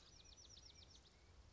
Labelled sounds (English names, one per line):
Bewick's Wren